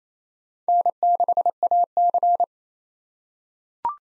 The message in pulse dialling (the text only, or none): none